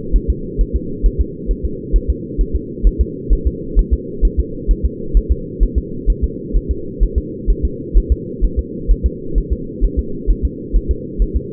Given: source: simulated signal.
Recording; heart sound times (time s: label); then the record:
fetal heart sounds
0.16 s: S1
0.30 s: S2
0.61 s: S1
0.76 s: S2
1.06 s: S1
1.21 s: S2
1.51 s: S1
1.65 s: S2
1.96 s: S1
2.10 s: S2
2.41 s: S1
2.55 s: S2
2.87 s: S1
3.01 s: S2
3.33 s: S1
3.47 s: S2
3.79 s: S1
3.93 s: S2
4.25 s: S1
4.39 s: S2
4.71 s: S1
4.85 s: S2
5.17 s: S1
5.31 s: S2
5.63 s: S1
5.78 s: S2
6.10 s: S1
6.24 s: S2
6.56 s: S1
6.71 s: S2
7.03 s: S1
7.18 s: S2
7.50 s: S1
7.65 s: S2
7.97 s: S1
8.12 s: S2
8.44 s: S1
8.59 s: S2
8.91 s: S1
9.06 s: S2
9.38 s: S1
9.52 s: S2
9.84 s: S1
9.99 s: S2
10.30 s: S1
10.45 s: S2
10.76 s: S1
10.91 s: S2
11.22 s: S1
11.36 s: S2
From the record:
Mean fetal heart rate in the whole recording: 130 bpm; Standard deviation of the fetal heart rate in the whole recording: 2 bpm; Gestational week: 36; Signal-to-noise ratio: -4.3 dB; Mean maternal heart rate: 72 bpm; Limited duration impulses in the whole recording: absent